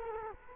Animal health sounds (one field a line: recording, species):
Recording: mosquito wingbeat signal from an infrared sensor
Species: Culex quinquefasciatus